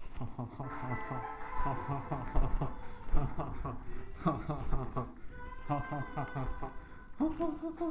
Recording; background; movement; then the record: laughter; music; walking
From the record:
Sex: male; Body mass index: 23.7 kg/m2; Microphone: on the chest, facing the body